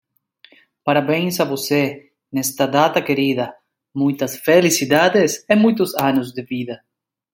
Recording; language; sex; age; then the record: short text; Brazilian Portuguese; male; 40 to 49 years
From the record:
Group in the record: control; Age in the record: 41 years